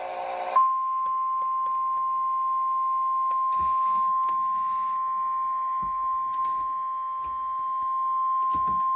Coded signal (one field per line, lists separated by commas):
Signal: Emergency Alert System (SAME) tones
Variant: 1050 Hz attention tone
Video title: FFW #2 on KHQ-DT (EAS #1076)